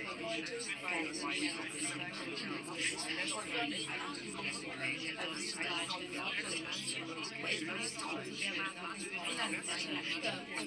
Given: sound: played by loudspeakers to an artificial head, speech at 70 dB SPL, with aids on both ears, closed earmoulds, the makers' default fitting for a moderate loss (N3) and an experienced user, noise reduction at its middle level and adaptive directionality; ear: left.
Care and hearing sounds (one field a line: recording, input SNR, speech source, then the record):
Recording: speech test signal (ISTS) in cocktail-party noise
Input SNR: -6 dB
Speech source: on the right (90 degrees)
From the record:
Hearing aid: class 2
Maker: C